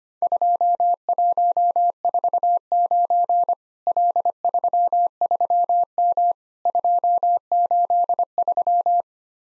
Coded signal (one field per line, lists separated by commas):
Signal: Morse code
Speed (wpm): 25 wpm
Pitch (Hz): 700 Hz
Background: none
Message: 2149 L33M 283